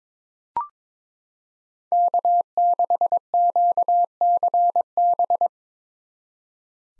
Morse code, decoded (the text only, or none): K6QCB